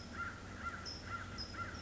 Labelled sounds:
American Crow
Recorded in Sonoma County, California

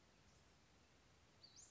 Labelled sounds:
Western Flycatcher
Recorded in Sonoma County, California

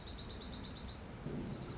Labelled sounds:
Dark-eyed Junco
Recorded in Sonoma County, California

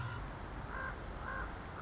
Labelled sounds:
Common Raven
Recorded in Sonoma County, California

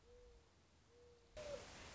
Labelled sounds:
Mourning Dove
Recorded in Sonoma County, California

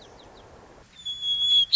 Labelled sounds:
White-crowned Sparrow
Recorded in Sonoma County, California

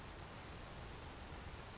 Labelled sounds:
Grasshopper Sparrow
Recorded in Sonoma County, California

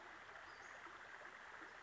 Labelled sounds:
Western Flycatcher
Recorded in Sonoma County, California

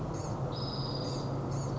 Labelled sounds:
Blue-gray Gnatcatcher
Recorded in Sonoma County, California

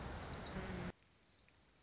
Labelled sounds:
Orange-crowned Warbler
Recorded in Sonoma County, California

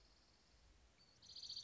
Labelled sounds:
Dark-eyed Junco
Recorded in Sonoma County, California

